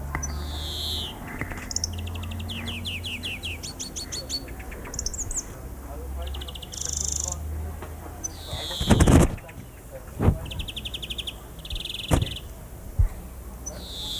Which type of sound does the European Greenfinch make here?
song